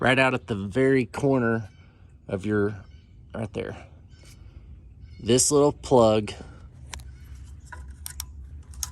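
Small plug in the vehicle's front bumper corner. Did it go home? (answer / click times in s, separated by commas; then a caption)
released / 8.8 s. Someone talks while working at the corner of a Bronco Raptor's front bumper, followed by a few small clicks and taps. A small plug in the bumper corner is unclipped the same way an electrical connector is removed, and it snaps loose and pulls off at 8.8 s.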